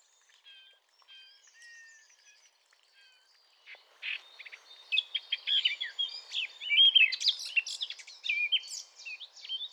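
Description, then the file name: Eurasian blackcap song: a few faint, thin whistled notes open, then a loud, rich and chattering warble takes over for the rest. "Sylvia atricapilla"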